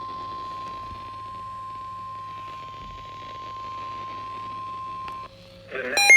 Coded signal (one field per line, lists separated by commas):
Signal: Emergency Alert System (SAME) tones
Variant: 1050 Hz attention tone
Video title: EAS #053 Severe Thunderstorm Warning